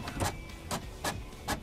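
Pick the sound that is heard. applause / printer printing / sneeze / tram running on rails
printer printing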